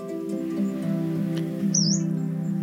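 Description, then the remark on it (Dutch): A single thin, high yellow-browed warbler call from a small wood by a dike, a short upward-sliding 'tsweest', rises over a steady low droning hum that runs throughout. “En als ik terugloop, dan heb ik ineens in het kleine bosje bij de dijk een bladkoninkje.”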